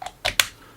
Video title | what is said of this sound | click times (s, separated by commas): RC Gymkhana Street Machine - HPI Racing RS4 Sport 3 Ford Mustang Hoonicorn RTR - RC Driver | so I'll just go throw this on here just snaps | 0.3 s, 0.4 s